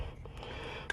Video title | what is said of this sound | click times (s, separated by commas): DV 49: E-Vanesence goes roadtripping | Everything's clicked in place. | 0.9 s